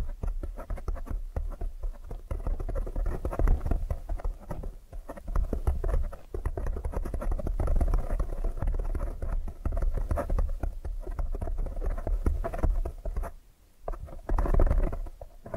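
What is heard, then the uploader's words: Dense tapping and soft patter continue almost without pause, with a deep muffled rumble underneath and a brief quieter gap near thirteen seconds. ASMR Tapping Different Areas of Your Brain 3D Panning Triggers (No Talking).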